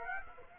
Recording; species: mosquito wingbeat signal from an infrared sensor; Aedes aegypti